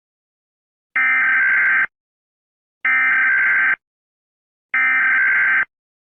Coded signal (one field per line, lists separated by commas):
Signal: Emergency Alert System (SAME) tones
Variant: header bursts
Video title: RABID THE MOVIE - A EAS Scenario Movie